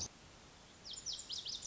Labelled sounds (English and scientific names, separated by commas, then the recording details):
Lazuli Bunting (Passerina amoena)
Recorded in Sonoma County, California